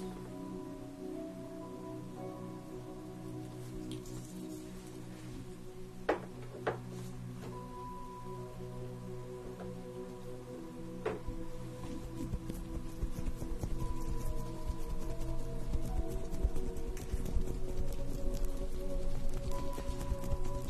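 A facial treatment with a steady low steam hiss and hum, a few soft clicks near six and eleven seconds, then denser rustling and patting.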